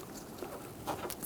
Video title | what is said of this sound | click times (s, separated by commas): How to Replace Door Window Belt Weatherstrip Kit 2007-2021 Toyota Tundra | Lock that in. | 1.1 s